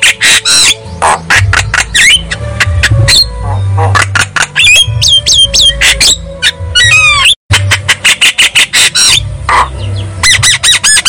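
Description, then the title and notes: Javan myna pouring out a fast series of sharp clicks, scratchy squawks and brief whistles, with a short break past seven seconds. Lure recording of Javan myna song, used to prompt a silent myna into singing. "Pancingan Jalak Kebo Bisu. Kicau Jalak Kebo"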